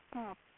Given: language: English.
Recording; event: throat vibration sensor signal played as sound; speech